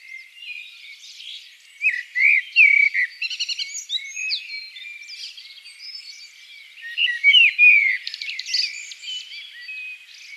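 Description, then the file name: Eurasian blackbird song: repeated warbling phrases mixed with rapid squeaky twitters, two louder outbursts about five seconds apart. "Turdus merula"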